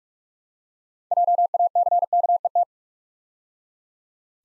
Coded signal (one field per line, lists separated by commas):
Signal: Morse code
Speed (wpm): 44 wpm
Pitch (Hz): 700 Hz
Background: none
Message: JACKET